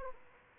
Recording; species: mosquito wingbeat signal from an infrared sensor; Aedes aegypti